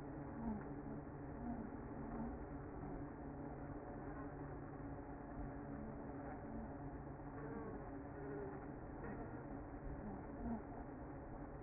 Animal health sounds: honeybee colony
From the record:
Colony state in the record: active

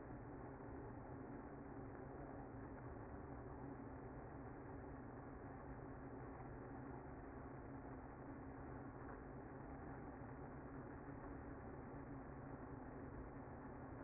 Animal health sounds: honeybee colony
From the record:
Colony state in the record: active

